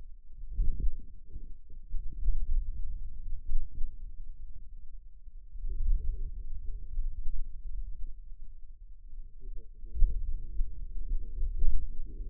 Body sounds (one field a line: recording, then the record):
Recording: forearm muscle sounds (acoustic myography)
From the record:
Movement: hand opening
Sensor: system 2, bracelet of six BSWA MPA416 microphones around the upper forearm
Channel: 1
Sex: male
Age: 22 years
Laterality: right